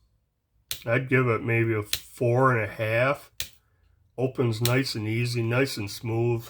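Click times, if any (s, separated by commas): none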